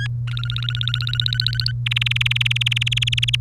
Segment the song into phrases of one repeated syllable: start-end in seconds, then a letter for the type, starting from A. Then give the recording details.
0.00-0.07 A, 0.27-1.71 B, 1.86-3.36 C. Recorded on 30 April 2018 at 15:24. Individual llb3